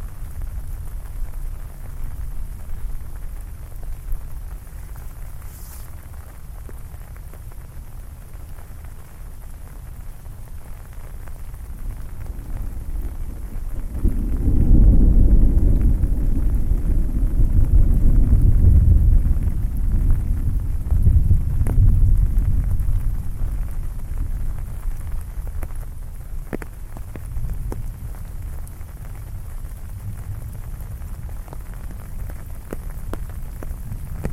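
Heavy rain falls steadily while a deep rumble of thunder swells from about 14 to 22 seconds, with scattered sharp drips throughout.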